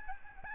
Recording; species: mosquito wingbeat signal from an infrared sensor; Aedes albopictus